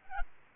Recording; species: mosquito wingbeat signal from an infrared sensor; Aedes albopictus